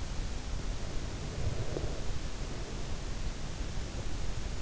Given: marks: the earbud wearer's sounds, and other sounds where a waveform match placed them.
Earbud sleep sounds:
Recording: sounds in sleep by an in-ear microphone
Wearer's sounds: breath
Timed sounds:
0.41-3.53 s: breath

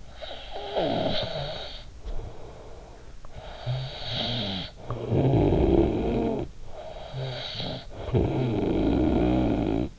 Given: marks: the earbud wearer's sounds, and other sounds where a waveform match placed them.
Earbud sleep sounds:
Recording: sounds in sleep by an in-ear microphone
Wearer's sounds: snoring breath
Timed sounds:
0.00-9.99 s: snoring breath

